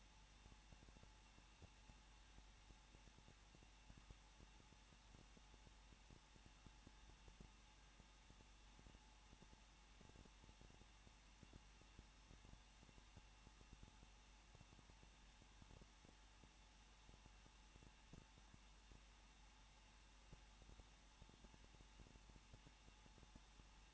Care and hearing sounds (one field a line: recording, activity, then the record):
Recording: daily activity, microphone in the room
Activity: no activity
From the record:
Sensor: 1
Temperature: 20.1 degrees Celsius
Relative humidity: 39.1%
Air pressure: 1006.5 hPa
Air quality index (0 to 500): 216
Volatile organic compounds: 73 ppm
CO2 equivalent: 3548 ppm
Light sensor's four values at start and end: 1/2/1/1 and 1/2/1/1